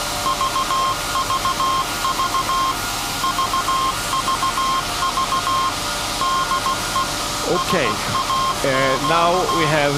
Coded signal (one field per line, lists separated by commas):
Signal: Morse code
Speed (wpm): 16 wpm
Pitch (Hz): 1060 Hz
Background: speech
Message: VVV VVV DE SAQ